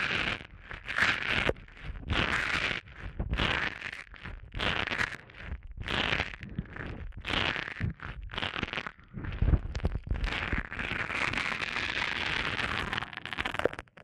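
Close rubbing and crackling sounds for an eardrum massage, coming in short bursts about every half second to a second with brief gaps between. The scratchy texture is bright and crinkly, and after ten seconds it turns into a longer, steadier rustle.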